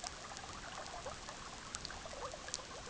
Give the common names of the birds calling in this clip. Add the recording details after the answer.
none. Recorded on Arctic tundra, site EABA-MC, on 18 June 2019. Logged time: 06:00